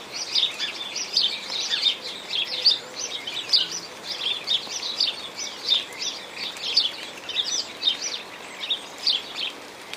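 Sparrows chirping in a busy chorus, short bright notes overlapping in bursts every second or so, over a steady hiss like falling rain.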